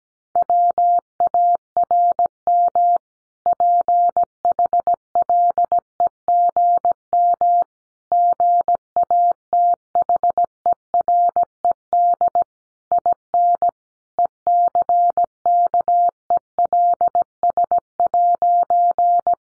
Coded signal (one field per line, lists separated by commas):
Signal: Morse code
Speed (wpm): 17 wpm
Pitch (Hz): 700 Hz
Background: none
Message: WARM PHLEGM GATHERED IN ECKELS'